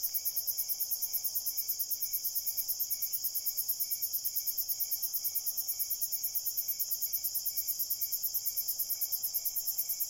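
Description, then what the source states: Crickets chirping in a dense chorus: rapid, even high-pitched pulses over a steady shrill ringing, continuing unbroken throughout. Crickets at night in a cornfield.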